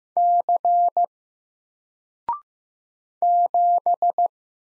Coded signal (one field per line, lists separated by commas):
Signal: Morse code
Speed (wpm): 15 wpm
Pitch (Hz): 700 Hz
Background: none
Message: C 7